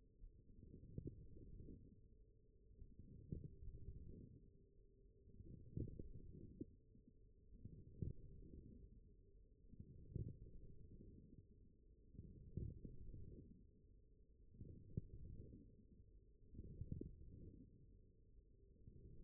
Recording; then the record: forearm muscle sounds (acoustic myography)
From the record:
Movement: forearm pronation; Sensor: system 1, eight BSWA MPA416 microphones around the upper forearm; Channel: 5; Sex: male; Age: 42 years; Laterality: right